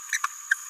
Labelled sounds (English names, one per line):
Green-rumped Parrotlet babbling